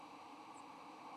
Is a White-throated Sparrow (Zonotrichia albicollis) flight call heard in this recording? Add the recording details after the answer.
no. Another species' flight call is heard. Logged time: 02:19 on 3 November 2014